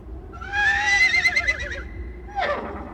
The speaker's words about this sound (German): Durch die Nebel der Morgendämmerung hörte man das Schnauben und Stampfen ihrer Pferde, noch bevor das Auge sie erspähte. In den Uferauen sammelten sie sich vor dem Angriff.